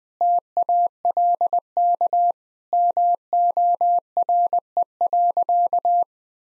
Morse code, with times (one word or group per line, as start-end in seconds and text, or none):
0.2-2.3 TALK
2.7-6.0 MORE.